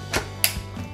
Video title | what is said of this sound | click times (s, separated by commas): DYSON V6 Mattress - Accessoires et entretien | Quand vous entendez le petit clic, c'est que c'est bon. | 0.4 s